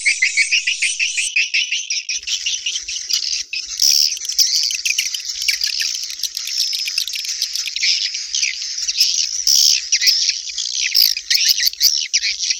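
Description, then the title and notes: Swiftlet chorus of high, thin twitters and rattling chirps, continuous and dense, with a few louder sharp notes. Swiftlet sound used for swiftlet bird farming in Asia. "Swiflet Bird Sound. Farming Swiflet Bird asia sound"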